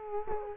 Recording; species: mosquito wingbeat signal from an infrared sensor; Culex quinquefasciatus